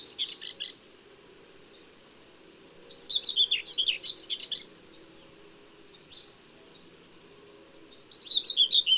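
Common whitethroat song: rapid, rasping warbled phrases, the fullest about two seconds long, separated by gaps holding a few faint thin notes; a low background hum throughout.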